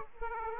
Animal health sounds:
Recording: mosquito wingbeat signal from an infrared sensor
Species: Aedes aegypti

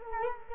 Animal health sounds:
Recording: mosquito wingbeat signal from an infrared sensor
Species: Culex quinquefasciatus

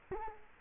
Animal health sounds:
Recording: mosquito wingbeat signal from an infrared sensor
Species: Culex quinquefasciatus

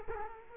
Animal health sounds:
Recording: mosquito wingbeat signal from an infrared sensor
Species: Culex quinquefasciatus

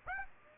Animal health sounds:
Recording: mosquito wingbeat signal from an infrared sensor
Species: Aedes aegypti

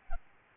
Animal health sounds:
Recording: mosquito wingbeat signal from an infrared sensor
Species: Aedes albopictus

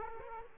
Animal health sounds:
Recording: mosquito wingbeat signal from an infrared sensor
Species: Aedes aegypti

